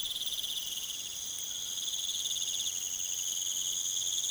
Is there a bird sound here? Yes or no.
no